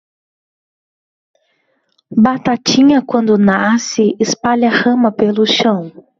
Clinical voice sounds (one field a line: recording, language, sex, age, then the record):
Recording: short text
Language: Brazilian Portuguese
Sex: female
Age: 20 to 29 years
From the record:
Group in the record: control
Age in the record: 25 years